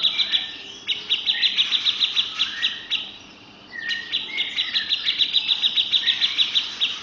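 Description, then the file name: Grey-cheeked bulbul song: a long run of fast, bright chattering notes, briefly broken by lower slurred whistles, then resuming at the same quick pace. "cucak jenggot om firly"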